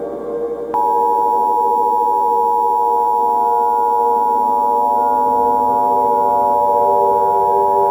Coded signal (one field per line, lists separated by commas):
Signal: Emergency Alert System (SAME) tones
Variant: 853 and 960 Hz attention tone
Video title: EAS Scenario - Baby Einstein